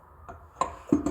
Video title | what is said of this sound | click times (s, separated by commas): G37 IMPORTANT UPGRADES | so that was the first click right there you got to spin it | 0.6 s